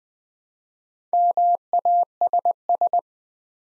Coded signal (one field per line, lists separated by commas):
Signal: Morse code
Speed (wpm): 20 wpm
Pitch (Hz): 700 Hz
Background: none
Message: MASS